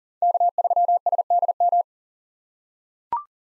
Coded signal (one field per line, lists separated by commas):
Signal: Morse code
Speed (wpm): 38 wpm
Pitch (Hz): 700 Hz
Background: none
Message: K3SDM